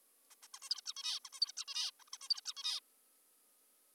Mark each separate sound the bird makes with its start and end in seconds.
0.31-0.35, 0.43-0.48, 0.54-0.59, 0.62-0.69, 0.70-0.81, 0.86-0.93, 0.96-1.20, 1.25-1.29, 1.33-1.40, 1.41-1.52, 1.57-1.65, 1.68-1.91, 2.00-2.04, 2.07-2.10, 2.13-2.18, 2.22-2.28, 2.30-2.41, 2.46-2.53, 2.57-2.80